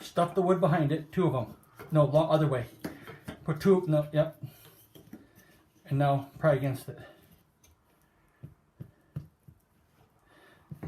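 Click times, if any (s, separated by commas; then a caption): 10.8 s. Someone talks while a laminate floor plank is pried against the wood so its click-lock joint closes the remaining gap against the neighbouring plank's locking edge. A few faint, short knocks follow in the quiet. A sharp click at 10.8 s marks the plank snapping into place, fully seated.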